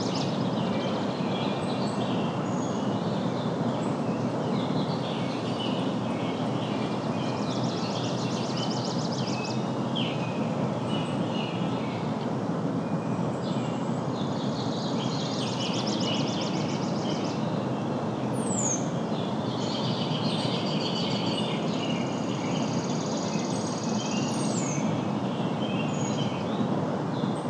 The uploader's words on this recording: Backyard Birds. Early morning songbirds perform their song to greet the day just before sunrise outside of a home in West Michigan.